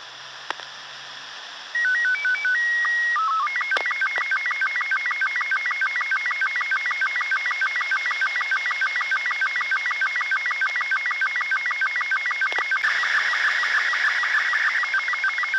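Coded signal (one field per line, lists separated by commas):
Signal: SSTV (slow-scan television)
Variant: Robot 36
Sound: short stepped tone header, then fast warbling chirpy tones with a rapid regular tick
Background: radio static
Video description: Collection of SSTV robot 36 images from ARISSAT-1. New Zwealand August 2011. Also selected audio from the Satellite.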